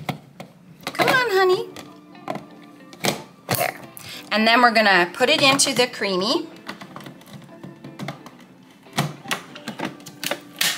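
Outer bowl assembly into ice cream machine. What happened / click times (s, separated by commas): The plastic bowl twisted and locked into the machine / 10.6 s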